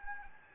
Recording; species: mosquito wingbeat signal from an infrared sensor; Anopheles gambiae